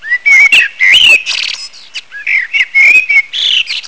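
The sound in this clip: Bird song, a loud rapid series of clear whistles mixed with buzzy and trilled notes, sliding up and down.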